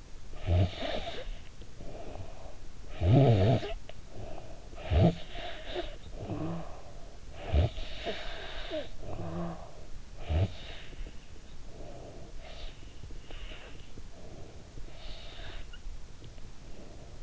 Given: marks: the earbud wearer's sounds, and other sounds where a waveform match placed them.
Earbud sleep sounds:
sounds in sleep by an in-ear microphone; snoring breath, breath
0.19-2.51 s: snoring breath
2.73-12.39 s: snoring breath
12.39-14.62 s: breath
14.71-17.22 s: breath

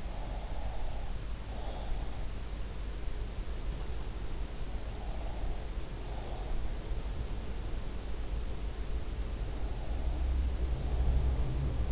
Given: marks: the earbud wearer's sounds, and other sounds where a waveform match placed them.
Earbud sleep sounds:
sounds in sleep by an in-ear microphone; breath
0.00-1.85 s: breath
4.86-6.76 s: breath
9.15-11.92 s: sound from someone else or the room
9.68-11.92 s: breath

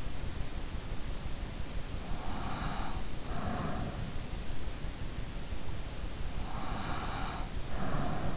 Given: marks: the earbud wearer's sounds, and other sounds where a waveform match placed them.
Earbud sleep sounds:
sounds in sleep by an in-ear microphone; breath
2.23-4.19 s: breath
6.30-8.37 s: breath

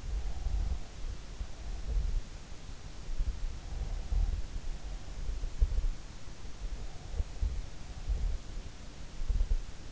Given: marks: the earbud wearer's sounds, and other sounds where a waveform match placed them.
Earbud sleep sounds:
sounds in sleep by an in-ear microphone; breath
0.00-2.42 s: breath

